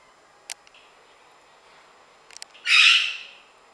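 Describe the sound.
Parrot squawk: a single harsh, broad screech near the end after a few faint clicks, otherwise quiet.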